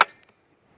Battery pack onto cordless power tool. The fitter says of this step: hear it click